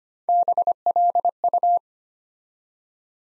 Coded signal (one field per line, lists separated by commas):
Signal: Morse code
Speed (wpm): 25 wpm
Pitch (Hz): 700 Hz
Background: none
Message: BLU